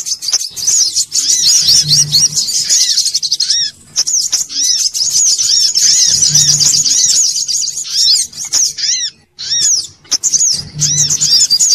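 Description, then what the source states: Little spiderhunter song, a continuous high-pitched torrent of fast chips and slurred notes, broken by short gaps, with a faint low hum recurring beneath. Bird-training (masteran) song.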